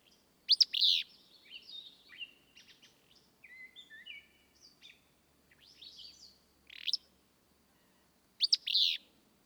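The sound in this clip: Willow flycatcher repeating its harsh, sneezy song three times, with softer twittering and whistled notes between.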